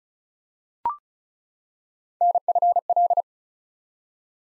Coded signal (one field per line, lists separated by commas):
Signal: Morse code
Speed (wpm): 36 wpm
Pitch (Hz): 700 Hz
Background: none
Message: NFL